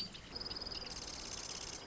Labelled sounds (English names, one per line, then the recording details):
Marsh Wren
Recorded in Sonoma County, California